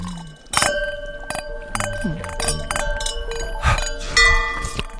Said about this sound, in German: Wollen wir nochmal anstoßen? Ja, gerne. Hat jeder ein Getränk? Ja. Achso, Moment. So. Auf die Küche? Auf die Küche, oder? Alles klar.